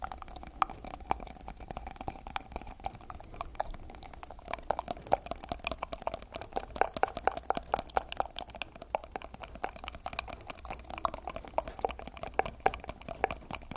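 Mouth sounds: dense, irregular wet clicks and smacks crackle throughout, with a faint steady tone around them and occasional sharper pops.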